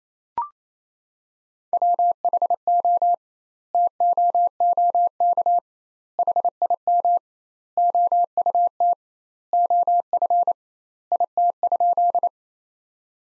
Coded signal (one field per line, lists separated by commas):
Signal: Morse code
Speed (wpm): 28 wpm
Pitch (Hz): 700 Hz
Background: none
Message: WHO TOOK HIM OUT OF IT?